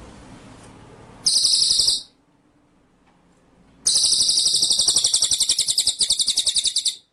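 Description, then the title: White-rumped shama, a short high buzzy burst, then after about a two-second gap a longer rapid rattling trill. Masteran (training) track for White-rumped shama; full ngerol (rolling song) with nembak style. "Masteran Murai Batu Full Ngerol Nembak"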